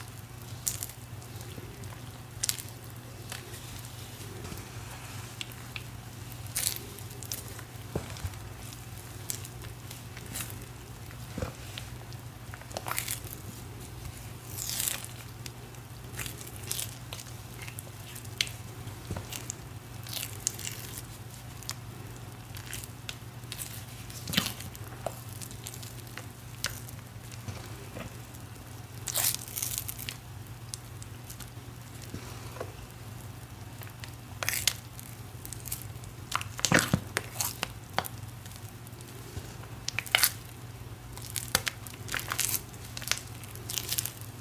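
Cornstarch crunchies being crushed, with frequent sharp crackling snaps scattered irregularly throughout over a steady low hum and soft squishing.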